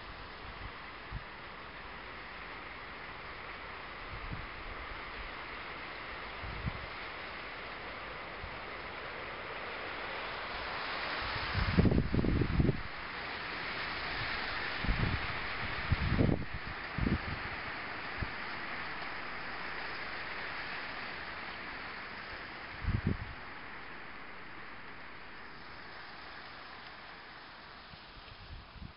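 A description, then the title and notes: Wind moves steadily through a sugar cane field, making a soft, even rustle with a dull top end. Deeper gusts and rumbles push through now and then, strongest around the 12 and 16 second marks, with smaller ones near 4, 7 and 23 seconds. Wind rustling through a sugar cane field on a warm night just west of the Thailand/Cambodia border, near Aranaprathet, Thailand. Wind through sugar cane field.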